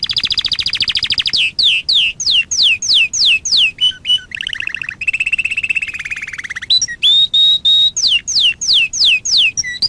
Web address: sounds canary canary-sound